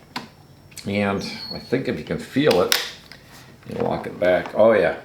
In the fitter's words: so we just lock the blade in